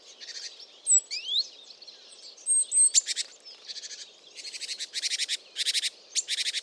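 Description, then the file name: Great tit type buzzy churring calls in rapid series, with a few rising thin notes early on, over steady background noise. "Parus major"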